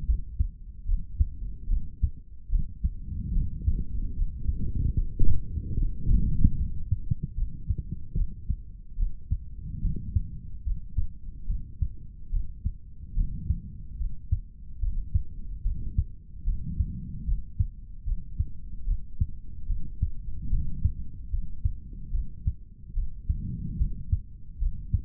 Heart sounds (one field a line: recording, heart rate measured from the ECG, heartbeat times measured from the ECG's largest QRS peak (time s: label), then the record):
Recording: heart sounds by stethoscope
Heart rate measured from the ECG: 73 bpm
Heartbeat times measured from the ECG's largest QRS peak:
0.06 s: heartbeat
0.86 s: heartbeat
1.68 s: heartbeat
2.50 s: heartbeat
3.33 s: heartbeat
4.14 s: heartbeat
4.95 s: heartbeat
5.76 s: heartbeat
6.57 s: heartbeat
7.35 s: heartbeat
8.15 s: heartbeat
8.97 s: heartbeat
9.81 s: heartbeat
10.64 s: heartbeat
11.47 s: heartbeat
12.31 s: heartbeat
13.15 s: heartbeat
13.98 s: heartbeat
14.80 s: heartbeat
15.63 s: heartbeat
16.45 s: heartbeat
17.25 s: heartbeat
18.05 s: heartbeat
18.85 s: heartbeat
19.67 s: heartbeat
20.49 s: heartbeat
21.30 s: heartbeat
22.12 s: heartbeat
22.94 s: heartbeat
23.77 s: heartbeat
24.59 s: heartbeat
From the record:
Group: healthy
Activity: rest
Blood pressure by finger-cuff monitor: 102/85 mmHg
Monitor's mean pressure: 93 mmHg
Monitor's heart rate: 73 bpm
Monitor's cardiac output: 3.4 L/min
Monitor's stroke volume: 46 mL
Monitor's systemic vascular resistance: 2040 dyn s/cm5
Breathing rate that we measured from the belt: 18 breaths a minute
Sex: male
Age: 55 years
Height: 167 cm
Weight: 57.2 kg